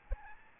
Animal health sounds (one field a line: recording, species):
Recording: mosquito wingbeat signal from an infrared sensor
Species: Aedes albopictus